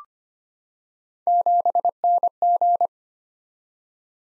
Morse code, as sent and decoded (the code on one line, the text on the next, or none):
--... -. --.
7NG